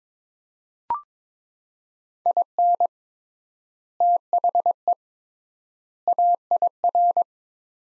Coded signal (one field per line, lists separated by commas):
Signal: Morse code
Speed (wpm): 21 wpm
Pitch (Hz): 700 Hz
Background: none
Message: IN THE AIR